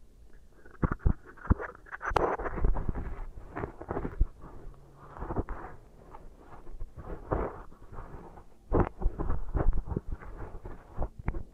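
Beeswax is pressed and worked in a steady stream of sticky crackles, squishes and soft scratching, dense and irregular throughout. Sharper snaps stand out near the start, around two seconds, and again near nine seconds, over a low, muffled rumble.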